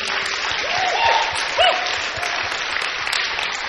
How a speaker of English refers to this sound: Yeah, let's give them a round of applause. Să-i aplaudăm.